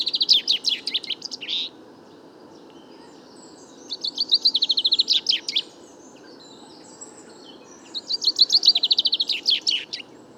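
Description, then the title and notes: Common chaffinch song: three fast, chattering trilled phrases, each about two seconds long, separated by pauses of roughly two seconds. Bois de Vincennes, France, 16 February 2019; first song of the year; fine weather; song confused, weaker than typical, small babbles; courtship song towards nearby females; Nagra Seven, Wiltronic parabola, mono. "Premier Pinson des arbres 2019. Bois de Vincennes - 16 février 2019-Nagra seven - Parabole Wiltronic mono: mon premier chant de Pinson des arbres (Fringilla coelebs) enregistré en 2019"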